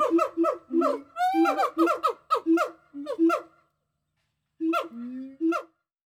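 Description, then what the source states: Gibbon hoots, short and repeated in an uneven rhythm with a brief rising whoop, then a pause and a few final hoots. More than one gibbon.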